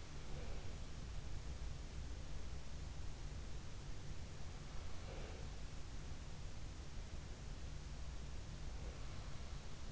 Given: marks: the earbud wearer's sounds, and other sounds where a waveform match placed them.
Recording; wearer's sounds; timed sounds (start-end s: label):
sounds in sleep by an in-ear microphone; breath
0.00-1.08 s: breath
4.93-5.75 s: breath
8.52-9.29 s: breath